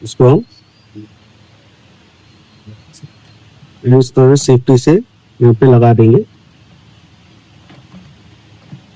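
A graphics card is carefully positioned over a motherboard's PCIe slot and lined up by its notch, ready to be pressed down so the slot latch locks. Someone talks in short bursts over a quiet background with a few faint handling rustles. Nothing has seated or clicked yet.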